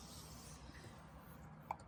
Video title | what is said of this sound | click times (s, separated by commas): 2020 Lexus GX Full Tutorial - Deep Dive | snap into place and now | 1.7 s